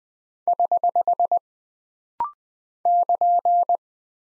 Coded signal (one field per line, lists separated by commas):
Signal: Morse code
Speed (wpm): 20 wpm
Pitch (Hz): 700 Hz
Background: none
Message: <HH> <KN>